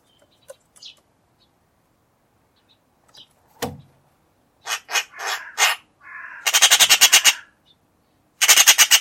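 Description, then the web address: Bird calls: a few scattered ticks and short buzzy notes, then two long harsh pulsed rattles near the end, with quiet gaps between. "Bird Only"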